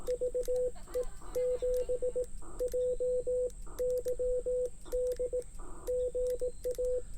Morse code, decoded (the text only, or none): VE7JYD GA